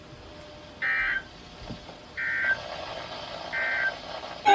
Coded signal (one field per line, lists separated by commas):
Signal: Emergency Alert System (SAME) tones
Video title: ILN Had An Outburst… (EAS 203-252)